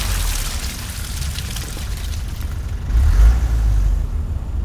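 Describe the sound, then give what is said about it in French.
A car engine rumbles steadily, then revs and surges louder as two men drive away from a red-brick house, a deep, continuous roar with no voices. “2 membres du gang sortent de la maison en briques rouges et quittent les lieux dans une voiture.”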